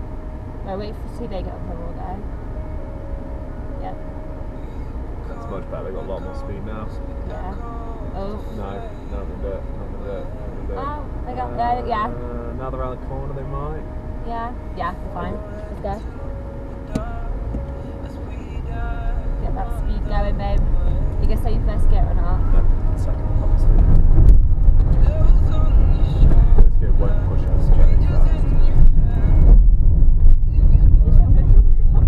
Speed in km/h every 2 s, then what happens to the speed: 0, 0, 0, 0, 0, 0, 0, 0, 3, 8, 15, 22, 25, 29, 33, 34.
0-16 standing. 16-28 speeds up to 33.